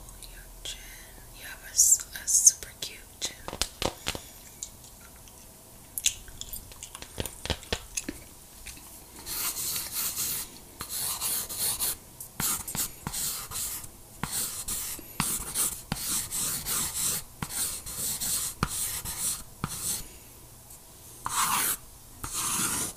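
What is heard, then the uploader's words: Crisp pencil scratches and rubbing strokes, sparse taps early, then dense, rapid sketching bursts throughout. Tingly sketching roleplay, with lots of personal attention. TW: mild mouth sounds, gum chewing.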